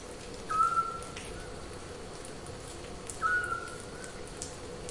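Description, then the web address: Eurasian scops owl call, two soft, steady whistled notes a few seconds apart over faint background hiss. "zwergohreule"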